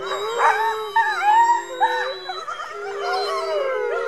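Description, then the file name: Coyote yip howls: a tangle of wavering, looping cries and short yips from several animals overlapping a sustained low howl throughout. Coyote yip howls heard alongside a chorus of wolf howls. "Howls Growls - Coyote Yip Howls and Wolf Chorus Howls"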